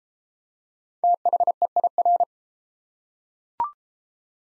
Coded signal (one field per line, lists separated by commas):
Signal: Morse code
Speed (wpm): 28 wpm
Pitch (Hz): 700 Hz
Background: none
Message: THEIR